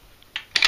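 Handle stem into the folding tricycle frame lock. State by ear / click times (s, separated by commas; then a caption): seated / 0.6 s. The handle stem of a Scuttlebug folding children's tricycle is unclicked, pulled up and locked into the frame lock in its upright position. A faint tick at 0.2 s and a sharp click at 0.35 s lead to a loud, sharp click at 0.6 s, followed closely by a second loud click at 0.64 s. The handle clicks into place at 0.6 s and is seated.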